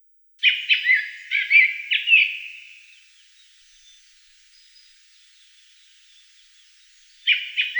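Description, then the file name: Black-throated thrush song: a series of rich, slurred notes fading into a drawn-out trailing tone, then silence before a fresh phrase begins. "Drozd chernozobyj"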